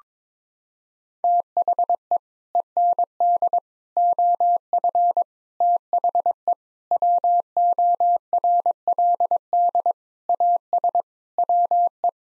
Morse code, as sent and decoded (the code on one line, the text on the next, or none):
- .... . / . -. -.. / --- ..-. / - .... . / .-- --- .-. .-.. -.. / .- ... / .-- .
THE END OF THE WORLD AS WE